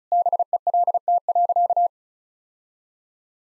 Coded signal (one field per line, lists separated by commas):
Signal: Morse code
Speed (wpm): 36 wpm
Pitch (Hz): 700 Hz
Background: none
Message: BELT.